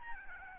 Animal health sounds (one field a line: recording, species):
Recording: mosquito wingbeat signal from an infrared sensor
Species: Aedes albopictus